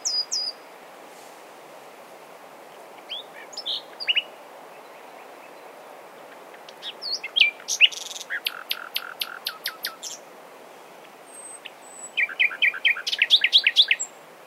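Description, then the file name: Common nightingale: songbird phrases of repeated sharp, high notes and quick chirps, sung in separate bursts with long quiet stretches and steady background hiss between them. "Luscinia megarhynchos"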